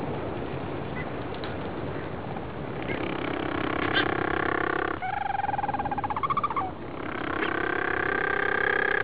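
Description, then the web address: Penguin calls amid a noisy background: drawn-out harsh brays with a rapid pulsing stutter in the middle, several birds overlapping. "lynn penguins"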